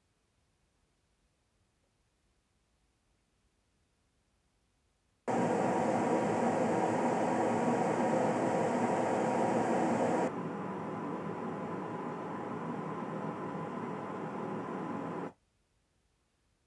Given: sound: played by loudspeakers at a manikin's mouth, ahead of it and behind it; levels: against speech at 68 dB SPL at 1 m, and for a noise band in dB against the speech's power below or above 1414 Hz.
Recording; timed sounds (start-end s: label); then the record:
test signals for a remote microphone
5.27-10.27 s: speech-spectrum noise from ahead, +10 dB
10.27-15.27 s: speech-spectrum noise from behind, +10 dB
From the record:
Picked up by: measurement microphone